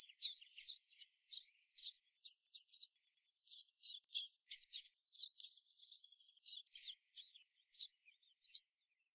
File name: Poecile palustris